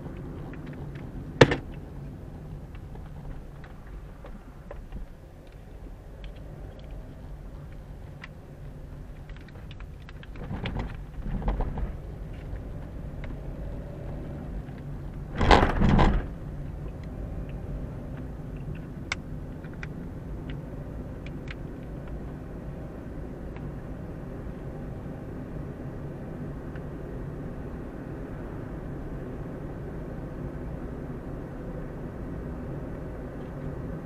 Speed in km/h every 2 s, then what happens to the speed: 25, 13, 8, 11, 12, 11, 16, 22, 23, 26, 28, 31, 33, 36, 38, 39, 40.
0-3 brakes to 8. 5-34 speeds up to 40.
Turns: none.